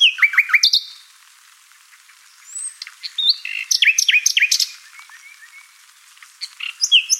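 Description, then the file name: Common nightingale song: short bursts of rapid, varied notes, a thin whistle, then more rich chattering phrases separated by brief silences. "Luscinia megarhynchos"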